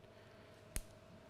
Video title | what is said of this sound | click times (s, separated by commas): Introducción al microscopio dental Seiler | set actually can lock your correction in like | 0.8 s